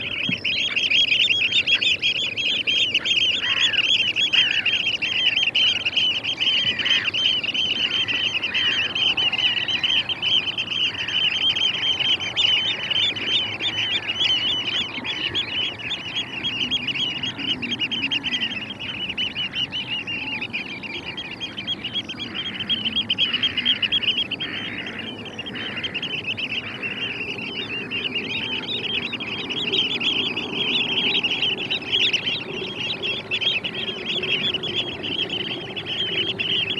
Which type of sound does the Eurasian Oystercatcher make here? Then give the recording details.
call. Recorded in the wild. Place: Glewitz, Insel Rügen, Mecklenburg-Vorpommern, DE. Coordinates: 54.252, 13.299. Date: 1976-04-17. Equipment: Nagra III BH, Sennheiser MD 21, parabola. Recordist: Schubert, Michael